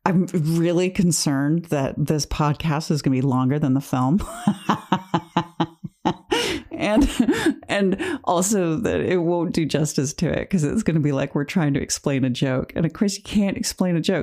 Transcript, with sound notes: I'm really concerned that this podcast is going to be longer than the film. (laughs) And also that it won't do justice to it because it's going to be, like, we're trying to explain a joke and of course you can't explain a joke.